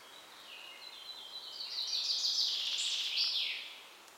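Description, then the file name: Common chaffinch song, a rattling run of high notes ending in a flourish that drops in pitch. "Fringilla coelebs"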